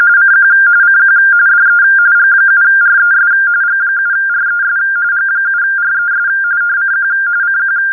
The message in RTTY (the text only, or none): CQ CQ DE G7RES G7RES G7RES CQ CQ